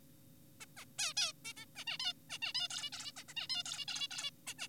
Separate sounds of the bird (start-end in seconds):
0.61-0.66, 0.77-0.85, 0.99-1.14, 1.17-1.32, 1.45-1.53, 1.57-1.66, 1.76-1.84, 1.87-1.98, 2.00-2.13, 2.30-2.38, 2.42-2.53, 2.55-2.68, 2.70-2.90, 2.93-3.12, 3.16-3.24, 3.29-3.34, 3.37-3.48, 3.50-3.63, 3.66-3.85, 3.88-4.08, 4.11-4.30, 4.47-4.54, 4.58-4.68